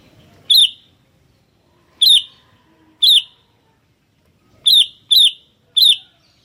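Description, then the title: Sooty-headed bulbul calls: six loud, sharp notes at uneven intervals, two coming in quick succession near the end, with near silence between. "kutilang"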